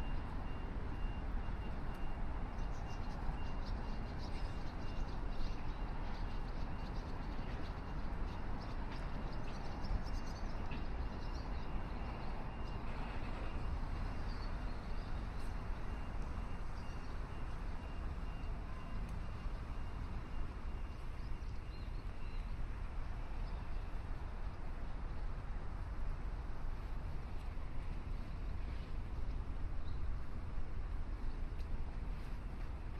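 A sunrise walk along the river in downtown Chicago, filled with a steady, dense low roar of city traffic that holds level throughout. Faint brighter touches, like small clicks and distant bird-like chirps, surface occasionally over the constant rumble.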